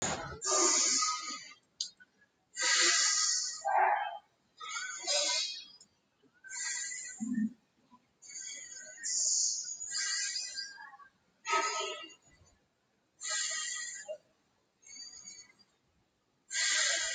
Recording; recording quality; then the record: shallow breathing; excellent, no background noise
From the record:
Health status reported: healthy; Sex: male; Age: 27 years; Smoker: yes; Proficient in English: yes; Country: India